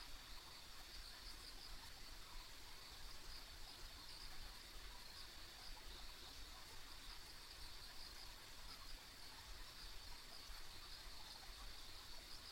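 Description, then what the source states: Insects calling together in a thin, steady high buzz with small pulses, while a deep background rumble runs throughout. Ambient insect sounds on a country road.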